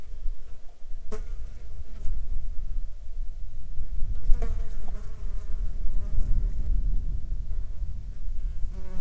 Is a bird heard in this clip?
no